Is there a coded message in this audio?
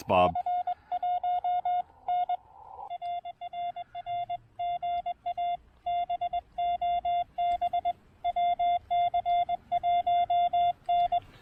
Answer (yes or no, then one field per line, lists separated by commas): yes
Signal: Morse code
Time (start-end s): 0.2-11.2 s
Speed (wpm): 21 wpm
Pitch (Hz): 720 Hz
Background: speech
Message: C1N RRR GA BOB WC1N